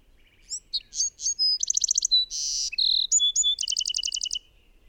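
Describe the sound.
Bird song as one fast, complex phrase: sliding whistles, a pulsed trill, a harsh buzzy burst, then a closing run of rapid repeated high notes.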